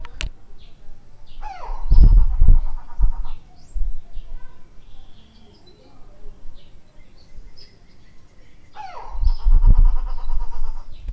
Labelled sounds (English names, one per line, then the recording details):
Bare-faced Go-away-bird
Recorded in Lake Mburo, Uganda